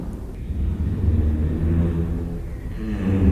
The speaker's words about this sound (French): c'était le son d'une girafe qui fait des hum.